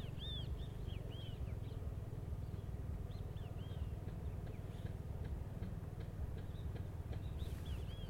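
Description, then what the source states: Yellow-chested birds giving repeated arched chirps on and off throughout, over a pulsing low rumble. A noisy species of yellow-chested birds recorded in St. George, Bermuda.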